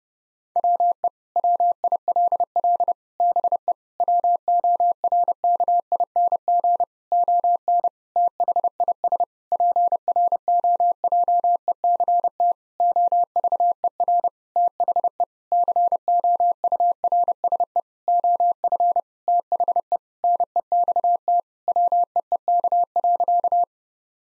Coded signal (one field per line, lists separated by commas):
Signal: Morse code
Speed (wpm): 30 wpm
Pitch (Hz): 700 Hz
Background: none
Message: WE WILL BE WORKING ON THIS PROJECT OVER THE COURSE OF THE NEXT WEEK.